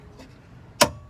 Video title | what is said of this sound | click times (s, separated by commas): The Flipping Idiot vs a Stripped Screw Fix! | and so you heard that click | 0.8 s